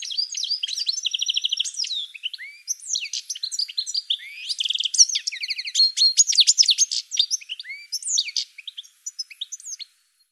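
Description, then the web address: Bird song, a continuous ten-second stream of quick high chirps, slurred whistles, buzzes and repeated trilled notes, fading out at the end. "cianscape birddata Deverinetal 2025 File cleaned normalized Bird"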